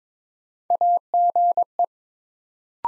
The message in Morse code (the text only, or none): AGE